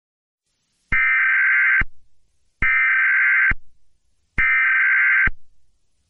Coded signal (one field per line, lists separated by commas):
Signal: Emergency Alert System (SAME) tones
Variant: header bursts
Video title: RobotBoy: EAS Scenario (Retake) Part 2